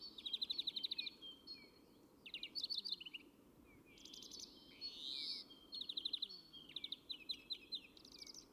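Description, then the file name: European greenfinch calls and twittering, rapid dry trills and chattering bursts repeated with short gaps, plus a few rising notes over low background hum. "Chloris chloris"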